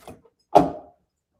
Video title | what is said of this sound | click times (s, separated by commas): Testing Out The HTVRont A100 Multi Press | locks into place. | 0.6 s